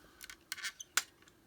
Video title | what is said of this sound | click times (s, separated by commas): Chomp & Battle Grimlock Review - Transformers Cyberworld | And you can kind of hear like it clicks in place. | 1.0 s